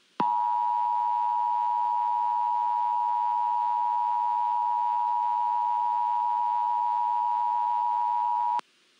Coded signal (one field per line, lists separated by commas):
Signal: Emergency Alert System (SAME) tones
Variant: 853 and 960 Hz attention tone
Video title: EAS Scenario #3: literal fire storm